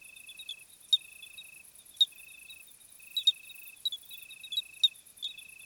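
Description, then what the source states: Crickets trilling in high, evenly pulsed phrases of under a second each, overlaid by scattered sharp chirps and a shimmering very high insect hum. Summer crickets on a hot night, 26 July 2020, 21:15, Plateau de Lesches-en-Diois; recorded with Nagra Seven and B&K omni microphone.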